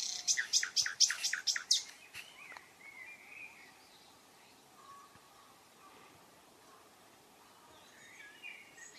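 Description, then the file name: Common nightingale song: a loud burst of rapid repeated notes at the start, then only faint warbling and background hiss for the rest. "Luscinia megarhynchos"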